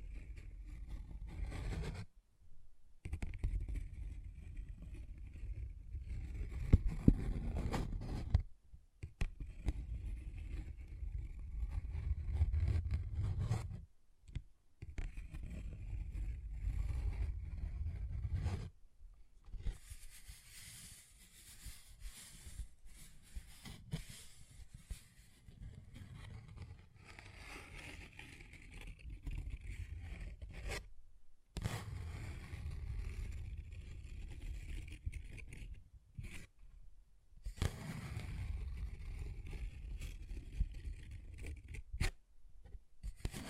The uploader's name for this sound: Paper Bag Tapping and Scratching Sounds